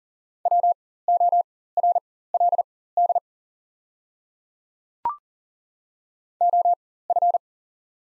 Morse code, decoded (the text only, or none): WORLD OF